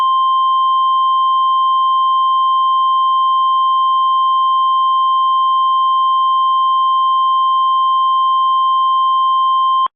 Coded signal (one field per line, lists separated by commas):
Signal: Emergency Alert System (SAME) tones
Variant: 1050 Hz attention tone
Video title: EAS mock tornado warning